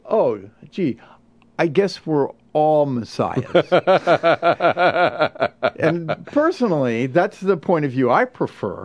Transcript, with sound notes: “Oh, Gee, I guess we are all messiahs.” (laughter) And personally that is the point that I prefer.